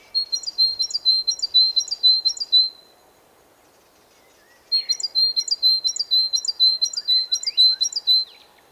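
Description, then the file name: Great tit song: bright, high two-note phrases repeated rapidly in two bursts of several phrases each, separated by a pause of about two seconds, over faint background hiss. "Parus major"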